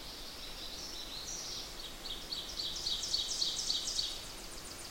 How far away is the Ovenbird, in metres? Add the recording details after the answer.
about 35 m. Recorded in boreal forest in Alberta, Canada, on 8 June 2016 at 06:49. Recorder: SongMeter 3, array SBT-3-9. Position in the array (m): 48 m, 104 m. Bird 33